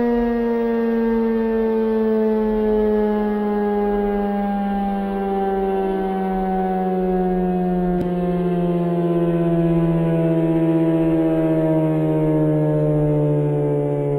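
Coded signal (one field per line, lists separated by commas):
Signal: siren signal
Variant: Codewell siren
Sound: steady droning siren tone with rich harmonics, slowly sliding lower in pitch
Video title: Gamewell/Cosgrave Codewell siren short alert - roblox studio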